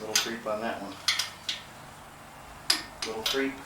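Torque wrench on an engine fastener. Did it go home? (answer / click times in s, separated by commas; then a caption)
yes / 2.7 s. A torque wrench tightens another fastener on a VW engine, creeping a little before it clicks at its setting at 2.7 s. Metallic clinks and taps are heard throughout while someone talks.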